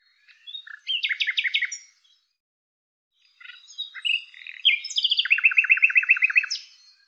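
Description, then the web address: Bird singing a short rattling burst, then, after a brief silence, mixed twittering notes that run into a long, evenly paced trill. "Deverinetal 2025"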